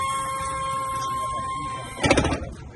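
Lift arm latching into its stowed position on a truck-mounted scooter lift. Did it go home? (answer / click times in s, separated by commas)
yes / 2.0 s, 2.1 s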